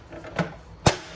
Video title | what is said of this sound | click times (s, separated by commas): How to change a tire on a Tesla | and it just pops into place there you go | 0.9 s